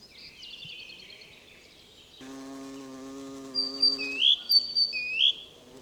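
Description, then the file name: Great tit faintly at first, then a loud low humming drone, with clear repeated high-then-low rising two-note phrases starting over it near the end. "Parus major"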